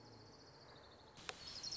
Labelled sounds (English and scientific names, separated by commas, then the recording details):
Orange-crowned Warbler (Leiothlypis celata)
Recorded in Sonoma County, California